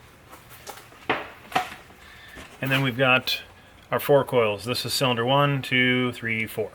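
On a Mercedes SLK 250, the plastic engine cover over the ignition coils is pulled up and off its snap-in mounts to reach the coils. Two sharp snaps at 1.1 s and 1.6 s mark the mounts letting go, and the cover comes free. Someone then talks.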